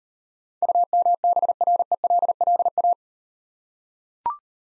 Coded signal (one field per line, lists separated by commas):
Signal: Morse code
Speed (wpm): 38 wpm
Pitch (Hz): 700 Hz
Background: none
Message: UMBRELLA